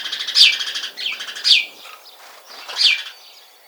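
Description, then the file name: House sparrow calls: three loud downslurred chirps about a second apart, with softer chirping between them. "Passer domesticus"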